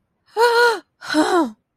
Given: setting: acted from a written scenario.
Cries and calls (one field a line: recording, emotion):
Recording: vocal sound without words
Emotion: negative surprise